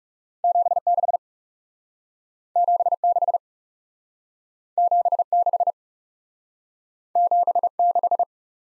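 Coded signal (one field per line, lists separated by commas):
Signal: Morse code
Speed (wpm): 39 wpm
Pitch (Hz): 700 Hz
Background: none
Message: 76 76 76 76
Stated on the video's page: Morse practice of two letter-number combinations, speed-racing format starting at 30 wpm and slowing to base speed, with a final repeat at maximum speed.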